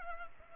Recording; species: mosquito wingbeat signal from an infrared sensor; Culex pipiens